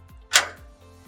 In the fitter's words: So the heat the condenser locks in place.